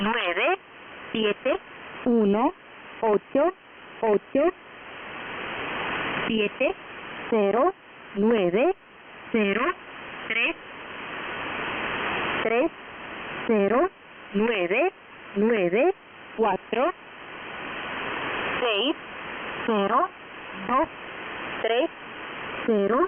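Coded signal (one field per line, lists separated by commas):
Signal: numbers station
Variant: V07, Spanish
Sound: synthetic-sounding voice reading short words at steady intervals over shortwave hiss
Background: radio static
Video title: Numbers Station, ENIGMA ID V07, 15874 kHz, USB mode, 28 February, 2021, 0100 UTC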